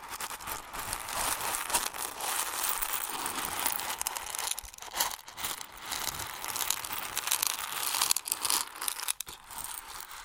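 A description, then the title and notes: Grain being handled: a dense, continuous rustling crackle of many tiny hard bits shifting and pouring, bright and hissy with little low sound. The texture stays busy throughout, with brief dips in loudness near five and nine seconds. ASMR Grain Sounds (No Talking).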